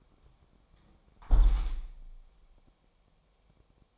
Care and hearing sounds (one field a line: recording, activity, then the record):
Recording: daily activity, microphone in the room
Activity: close window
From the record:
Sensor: 1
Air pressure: 1000.4 hPa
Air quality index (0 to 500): 172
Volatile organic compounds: 4 ppm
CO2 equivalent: 1580 ppm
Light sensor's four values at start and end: 10/26/10/12 and 10/25/10/12